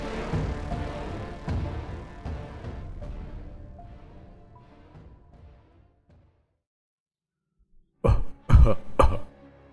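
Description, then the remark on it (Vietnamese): A dense, murky background fades into silence, then three thick, heavy coughs burst out in quick succession, loud and chesty, with no talking. “Tiếng ho đặc sệt vang lên, âm điệu rất quen thuộc.”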